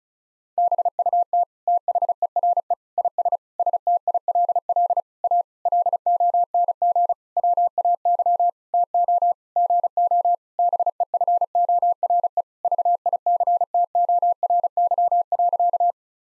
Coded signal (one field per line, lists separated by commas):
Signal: Morse code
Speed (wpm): 36 wpm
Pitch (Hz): 700 Hz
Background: none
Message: BUT THERE IS STILL A LONG WAY TO GO BEFORE VICTORY.